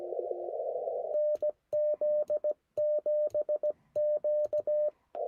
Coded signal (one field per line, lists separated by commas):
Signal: Morse code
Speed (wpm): 16 wpm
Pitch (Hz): 590 Hz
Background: radio noise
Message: NZ7Q